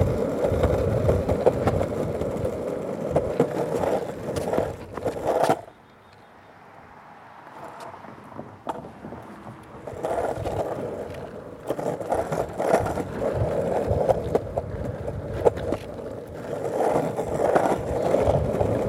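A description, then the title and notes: A skateboard rolls along with a dense, gritty low rumble and frequent clacks and knocks from uneven pavement. Around five and a half seconds the sound drops to a quieter, smoother glide, then the rough rolling returns near ten seconds and continues to the end. Skateboard through the neighborhood, gliding over sidewalks, down roads, and navigating both smooth pathways and those that are less smooth.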